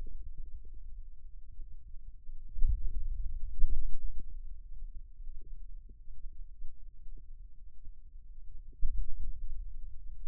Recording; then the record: forearm muscle sounds (acoustic myography)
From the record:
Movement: finger pinch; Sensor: system 2, bracelet of six BSWA MPA416 microphones around the upper forearm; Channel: 6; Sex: male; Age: 22 years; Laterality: right